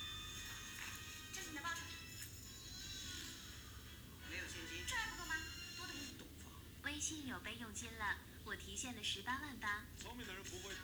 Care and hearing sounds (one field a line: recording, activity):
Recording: daily activity, guitar pickup as the sensor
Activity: browse video